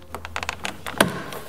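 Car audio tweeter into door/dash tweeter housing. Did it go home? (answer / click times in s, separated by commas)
yes / 1.0 s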